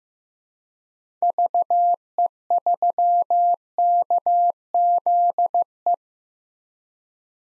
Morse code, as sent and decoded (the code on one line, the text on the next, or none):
...- . ...-- -.- --.. .
VE3KZE